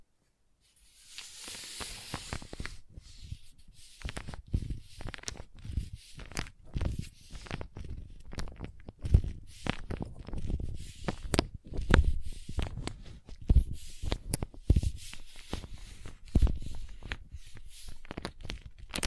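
Crayons tap, scrape and carve against a surface in a busy run of short, dry knocks and scratches. After a soft hiss and quiet opening, the strokes come dense and irregular, several per second, with low thuds under brighter clicks that continue to the end.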